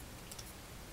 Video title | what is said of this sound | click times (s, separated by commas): Crazy Pivot Screws | you hear that clicking sound now | 0.3 s, 0.4 s